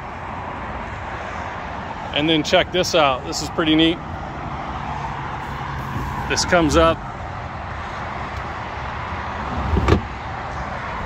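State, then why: Seated. Someone talks over a steady background hum as a flip-up lounge seat backrest on a 2022 Barletta Corsa 21Q pontoon boat is raised. It latches with a single sharp hit at 9.9 s, locking into place to form a forward-facing lounger.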